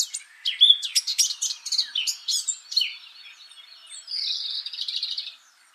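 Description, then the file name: Eurasian blackcap giving a hurried twittering warble of crisp chirps that softens midway, followed by a steady buzzy, rasping stretch before falling quiet. "Sylvia atricapilla"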